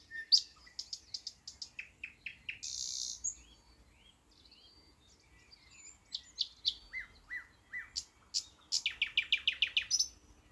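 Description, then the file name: Thrush nightingale song: rapid repeated clicks, a harsh buzzy burst, a quiet pause, then slurred whistles and a fast loud rattle of chopping notes. "thrush nightingale - luscinia luscinia"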